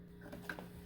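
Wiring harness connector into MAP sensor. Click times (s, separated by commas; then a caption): 0.5 s. A plastic wiring-harness connector is pushed onto the MAP sensor of a 96–2000 Civic, being replaced for lack of power and an inconsistent idle, before the sensor is remounted. Over a steady low hum, the locking tab gives a sharp click at 0.5 s, followed by a softer tick at 0.6 s. The connector is seated and holds solid when tugged.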